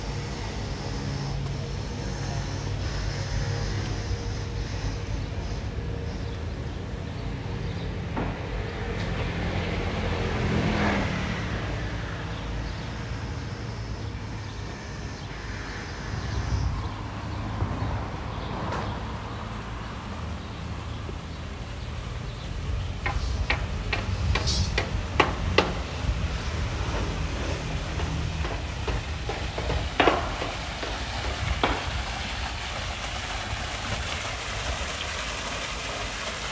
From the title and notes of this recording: Tel Aviv City Sounds. Walking In Ramat Aviv, Israel. Walking Around The Tel Aviv University.